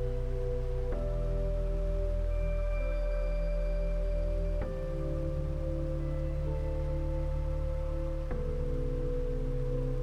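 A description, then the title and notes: Slow, calm music of long sustained tones, with a soft new chord or bell-like strike arriving about every four seconds, near 1, 4.5 and 8.3 seconds. Deep low notes hold underneath, while a faint hiss like leaves or light rain runs steadily throughout. Nature Sounds, Rustling Leaves & Relaxing Music In A Dreamy Meadow.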